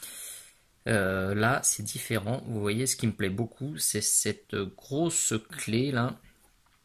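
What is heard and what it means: Someone talks while handling two cast metal miniature pieces, with a large key tab on one part about to be pushed into its matching socket on the other. Nothing has seated or clicked yet; the clip ends just before the part goes home.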